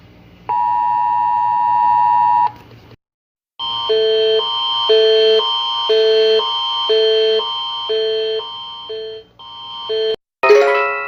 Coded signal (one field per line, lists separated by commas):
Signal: Emergency Alert System (SAME) tones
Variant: 853 and 960 Hz attention tone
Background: music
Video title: REVIVING A CLASSIC THING OF 2021 | Rating EAS Alarms: Rebooted!